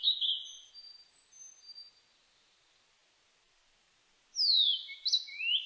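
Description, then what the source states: Blue-and-white flycatcher song ending with soft trailing notes, then after a pause a bright phrase of sharp falling and rising whistles. Recorded on 23 May 2004.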